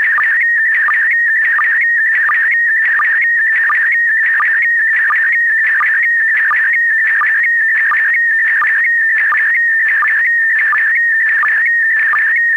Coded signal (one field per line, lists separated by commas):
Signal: SSTV (slow-scan television)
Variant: PD 90